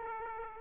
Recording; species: mosquito wingbeat signal from an infrared sensor; Aedes aegypti